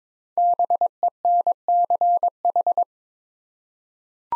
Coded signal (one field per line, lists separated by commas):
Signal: Morse code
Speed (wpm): 22 wpm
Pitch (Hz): 700 Hz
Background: none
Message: BENCH